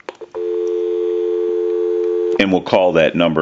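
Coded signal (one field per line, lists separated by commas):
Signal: telephone call progress tone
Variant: North America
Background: speech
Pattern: dial tone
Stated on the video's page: Tones heard during initial checkout and repair of a Western Electric 202 rotary telephone with bell box.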